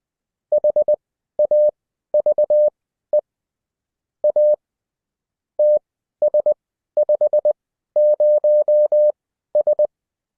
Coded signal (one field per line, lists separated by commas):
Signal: Morse code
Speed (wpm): 20 wpm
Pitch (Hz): 600 Hz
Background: none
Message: HAVE A TS50S